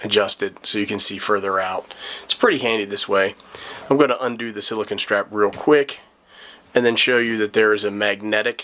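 Someone talks while handling an Olight H2R Nova headlamp, about to undo its silicone retaining strap and fit the metal flashlight body into the magnetic mount inside the head strap. Only speech is heard, with brief pauses. Nothing has seated or clicked yet by the end of the clip.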